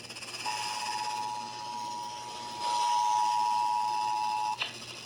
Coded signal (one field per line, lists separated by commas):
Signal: Emergency Alert System (SAME) tones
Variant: 853 and 960 Hz attention tone